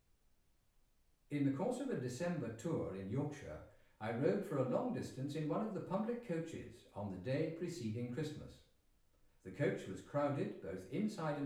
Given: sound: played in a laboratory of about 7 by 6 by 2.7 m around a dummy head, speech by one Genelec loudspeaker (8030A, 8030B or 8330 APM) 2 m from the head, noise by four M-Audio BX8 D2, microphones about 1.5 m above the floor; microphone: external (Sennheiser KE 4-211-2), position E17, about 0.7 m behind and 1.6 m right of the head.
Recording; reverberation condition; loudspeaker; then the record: male speech in English; medium; 120 degrees to the left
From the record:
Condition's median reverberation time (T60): about 510 ms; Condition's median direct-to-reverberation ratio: about -0.5 dB